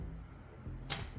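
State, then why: Seated. The last wiring harness electrical connector is pushed onto the fuel vapor canister purge valve solenoid of a 2020-2025 Ford Escape ST Line 1.5L. Over a low steady hum and faint, evenly spaced soft ticks, one sharp, bright click sounds at 0.9 s as the connector seats.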